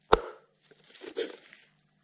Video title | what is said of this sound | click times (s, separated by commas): Skoda Karoq 2.0L TDI - Engine Service | put it in place until you hear the click. | 0.1 s